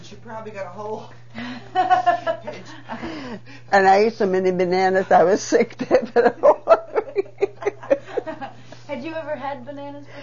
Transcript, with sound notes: She probably got a whole--
And I ate so many bananas I was sick. (They laugh.)
Had you ever had bananas before?